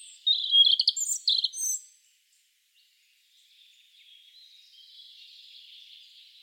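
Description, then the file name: European robin song: a loud, quick phrase of sharp, jangling high notes, then silence and a faint, thin, wavering warble continuing to the end. "Erithacus rubecula"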